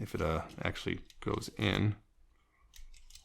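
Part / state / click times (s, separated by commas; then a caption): plastic tab into slot on transforming toy car body / seated / 3.1 s. Someone talks, then a plastic tab is pushed into its slot on a transforming toy car body after an earlier misaligned attempt, with a few light plastic clicks and rattles from about 2.8 s. The tab seats in its slot with a click at 3.2 s.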